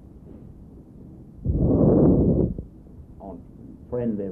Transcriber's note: microphone noise